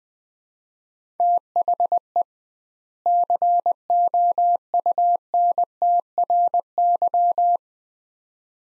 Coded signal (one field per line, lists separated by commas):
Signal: Morse code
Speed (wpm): 20 wpm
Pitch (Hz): 700 Hz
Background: none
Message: THE COUNTRY